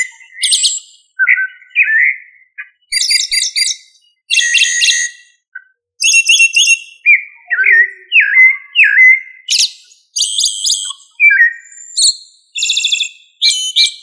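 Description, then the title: Thrush song: a rich run of varied phrases mixing clear whistled slurs, falling notes and buzzy, ringing high notes, each phrase separated by short pauses, with no other sounds. "Familia Turdidae - Sabia"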